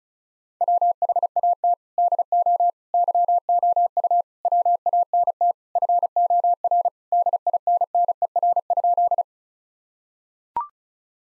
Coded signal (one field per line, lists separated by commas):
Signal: Morse code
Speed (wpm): 34 wpm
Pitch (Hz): 700 Hz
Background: none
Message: WHAT DO YOU WANT FOR DINNER?